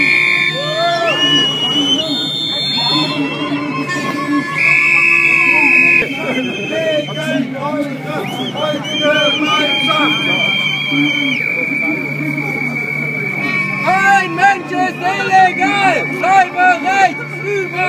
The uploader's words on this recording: Anti natzi protest by Liraz Axelrad.